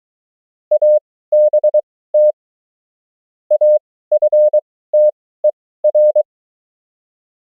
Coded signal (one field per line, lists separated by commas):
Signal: Morse code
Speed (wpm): 23 wpm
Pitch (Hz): 600 Hz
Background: none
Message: ABT AFTER